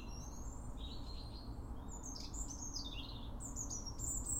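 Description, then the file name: European robin singing high, twittering phrases that slide up and down, several notes in quick succession, with constant low-pitched noise underneath. "Erithacus rubecula"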